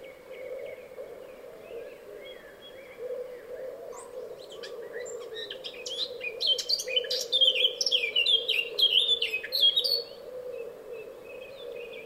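Bird song: a quiet thin whistle at first, then rapid varied chirps and twitters crowding together midway before fading, over a steady low hum.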